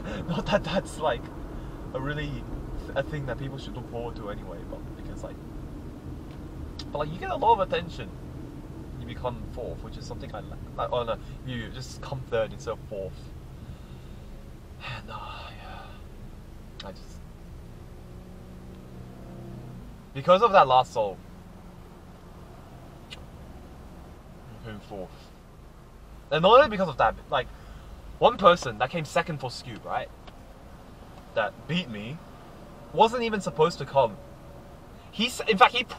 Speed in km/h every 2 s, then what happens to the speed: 53, 47, 40, 35, 32, 24, 16, 11, 11, 7, 5, 4, 2, 0, 0, 0, 0, 0.
0-24 slows to 2. 24-36 standing.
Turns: none.